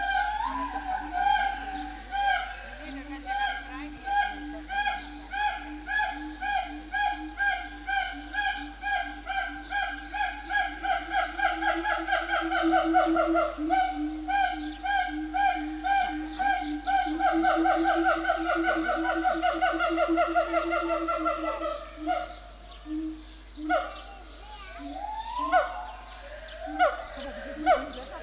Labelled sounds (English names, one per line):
Siamang